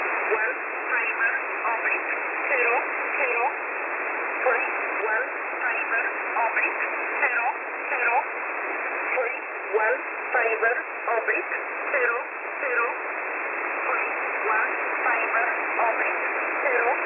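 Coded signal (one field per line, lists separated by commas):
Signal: numbers station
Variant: E11 Oblique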